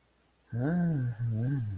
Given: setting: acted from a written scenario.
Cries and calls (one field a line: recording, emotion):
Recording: vocal sound without words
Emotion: desire